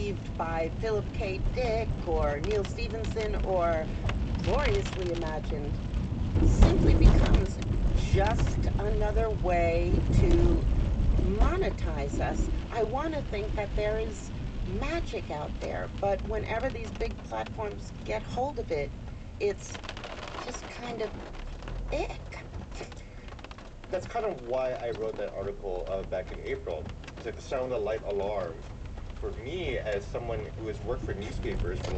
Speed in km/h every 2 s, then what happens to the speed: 37, 42, 39, 40, 39, 35, 37, 27, 21, 6, 8, 2, 3, 8, 11, 21.
0-12 steady at about 39. 12-18 brakes to 6. 22-32 pulls away to 21.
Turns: none.